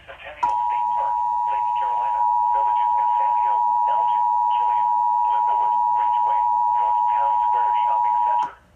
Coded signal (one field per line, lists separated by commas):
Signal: Emergency Alert System (SAME) tones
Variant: 853 and 960 Hz attention tone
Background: speech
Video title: Two severe thunderstorm warnings ⛈⚠️ for central South Carolina on NOAA weather radio/TV (03-02-20)